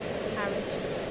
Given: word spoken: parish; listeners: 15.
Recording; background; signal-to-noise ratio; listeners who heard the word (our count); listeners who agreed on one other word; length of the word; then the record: one English word in noise, from a listening test; speech-shaped noise; -6.3 dB; 1 of 15; 8 of 15; 0.71 s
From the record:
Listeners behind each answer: 8, 2, 2, 1, 1, 1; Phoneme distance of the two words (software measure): 20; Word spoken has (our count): 2 syllables, 5 phonemes, stress on syllable 1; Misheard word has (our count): 2 syllables, 5 phonemes, stress on syllable 1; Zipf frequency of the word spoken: 3.94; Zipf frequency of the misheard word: 3.98